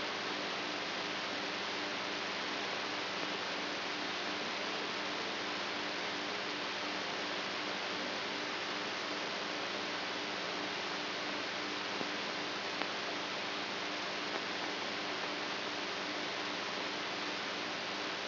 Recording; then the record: brain microelectrode recording played as sound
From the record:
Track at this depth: outside the subthalamic nucleus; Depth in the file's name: 6.108 mm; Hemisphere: right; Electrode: 3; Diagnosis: Parkinson's disease